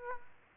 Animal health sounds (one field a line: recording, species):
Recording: mosquito wingbeat signal from an infrared sensor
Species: Aedes aegypti